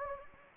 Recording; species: mosquito wingbeat signal from an infrared sensor; Anopheles gambiae